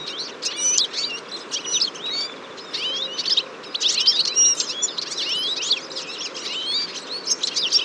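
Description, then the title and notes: Eurasian siskins in a dense chorus of overlapping high twitters, rising whistles and chirps, almost continuous throughout. Large flock at a feeder on a February morning, 23 February 2014, Fourcinet, Drôme, France; recorded with a Nagra Seven and a Telinga P7 parabola. "Fourcinet - Drôme. Tarin des aulnes (Carduelis spinus)"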